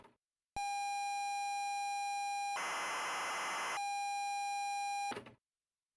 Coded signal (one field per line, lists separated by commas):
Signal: ZX Spectrum tape loading